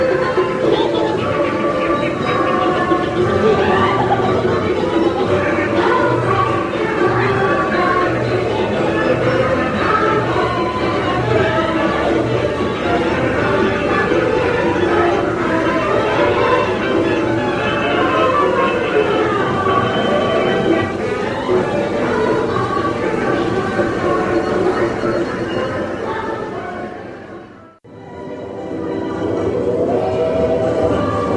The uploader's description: a trip to Disneyland